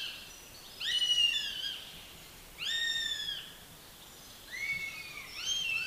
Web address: Madardalok - Héja